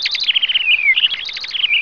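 Robin calling: rapid high twittering notes mixed with slurred, descending whistles, running continuously for about two seconds.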